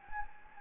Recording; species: mosquito wingbeat signal from an infrared sensor; Anopheles gambiae